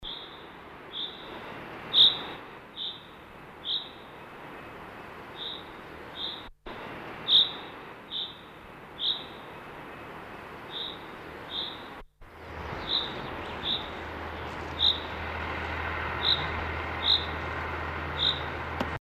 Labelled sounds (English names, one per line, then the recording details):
Common Chaffinch
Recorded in the wild
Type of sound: call
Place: Oberstdorf, Bayern, DE
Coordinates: 47.38, 10.2969
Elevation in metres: 881
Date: 1977-03-25
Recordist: Tretzel, Erwin
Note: Knotenblumenwald, Dietersberg-Alm, Oberstdorf: Gesang